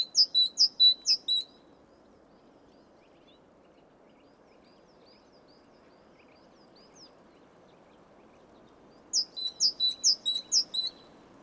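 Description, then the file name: Great tit opening with a quick series of two-note phrases, a long quiet gap with faint chirps, then another burst of high-low phrases. "Parus major"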